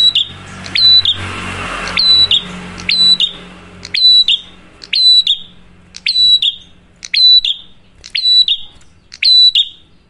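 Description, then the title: Prinia singing: piercing chirped phrases, each trailing into a quick buzzy drop, steadily repeated about once per second after an early burst of noise. Loud duet of fluent (gacor) singing cililin and kapas tembak, used for luring wild birds or training cage birds (masteran). "Masteran Duet Cililin Vs Kapas Tembak. Prenjak Gacor. Ngalun Kencang, Ampuh Banget Buat Pikat Ataupun Masteran"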